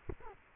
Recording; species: mosquito wingbeat signal from an infrared sensor; Culex quinquefasciatus